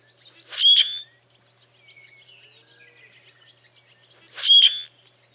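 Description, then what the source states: Common grackle gives a harsh, creaky, squeaking burst, with the same strained screech repeated about four seconds later. Faint quiet chips sound in between. Bronzed subspecies, versicolor.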